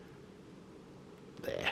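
A press-stud snap on the leather tab of a side pocket flap on a Burly Brand Voyager series wax canvas motorcycle bag is handled as it is brought toward closing, under a low steady background hum. Someone talks near the end as the level rises from about 1.4 s. The stud has not snapped shut yet, so nothing has seated or clicked.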